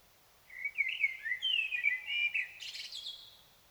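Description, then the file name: Common blackbird song: a fluty, warbling phrase that slides and wavers, then ends in a brief high, squeaky twitter. "Turdus merula"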